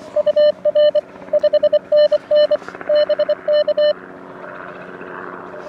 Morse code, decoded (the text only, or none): UR 5NN BK